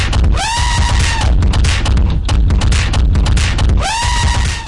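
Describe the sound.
Elephant trumpet call: a brassy call rises and holds a steady tone near the start, and a matching call comes near the end, with loud crackling noise between them.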